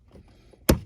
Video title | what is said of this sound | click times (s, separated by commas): SILVERADO or CADI-RADO? Truck Gets VINYL WRAP! Door Panel/Mirror Removal 14'-18' Silverado/Sierra | hear that click | 0.7 s